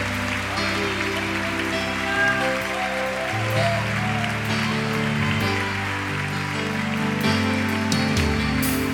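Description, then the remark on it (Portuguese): Worshippers clap steadily and densely in praise of the Lord over sustained music with low, held chords, the hand-claps forming a continuous crackling wash that runs evenly through the whole stretch. “Louvemos ao Senhor, todo o povo de Deus, aplaudindo com todo louvor e adoração.”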